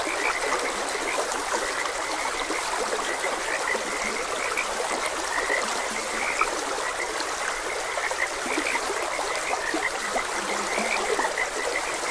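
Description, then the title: Many frogs give brief croaks in an unbroken chorus, with the steady sound of a flowing stream throughout. Frogs croaking beside a gentle stream. "Gentle Stream and Frogs Croaking"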